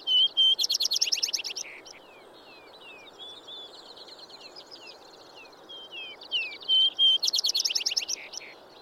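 Vesper sparrow song twice, each with a loud rapid trill after whistled intro notes, linked by soft descending slurs and twitters, steady hiss underneath.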